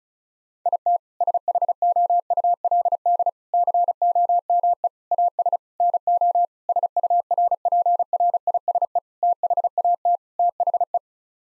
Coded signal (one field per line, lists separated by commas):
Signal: Morse code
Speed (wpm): 34 wpm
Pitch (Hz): 700 Hz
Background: none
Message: IT SHOULD COME AS NO SURPRISE THAT THE